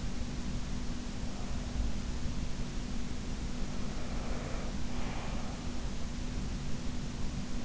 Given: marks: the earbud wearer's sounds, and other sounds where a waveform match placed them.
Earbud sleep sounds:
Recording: sounds in sleep by an in-ear microphone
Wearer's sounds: breath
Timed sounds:
3.92-5.58 s: breath

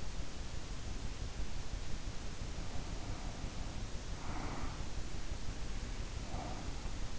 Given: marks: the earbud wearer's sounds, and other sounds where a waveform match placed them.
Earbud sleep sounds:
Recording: sounds in sleep by an in-ear microphone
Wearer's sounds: breath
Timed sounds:
2.38-4.90 s: breath
6.21-7.08 s: breath

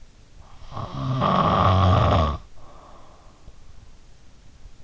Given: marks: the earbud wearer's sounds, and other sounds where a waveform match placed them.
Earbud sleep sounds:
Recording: sounds in sleep by an in-ear microphone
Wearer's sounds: snoring breath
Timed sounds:
0.62-3.25 s: snoring breath

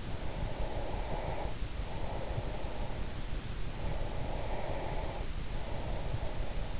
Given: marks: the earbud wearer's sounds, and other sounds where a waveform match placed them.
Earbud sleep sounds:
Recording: sounds in sleep by an in-ear microphone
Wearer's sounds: breath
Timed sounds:
0.32-3.23 s: breath
3.87-6.80 s: breath

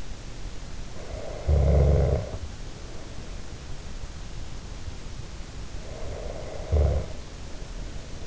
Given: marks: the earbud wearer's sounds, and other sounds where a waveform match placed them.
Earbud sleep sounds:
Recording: sounds in sleep by an in-ear microphone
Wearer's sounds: snoring breath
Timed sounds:
0.77-2.72 s: snoring breath
5.67-8.27 s: snoring breath

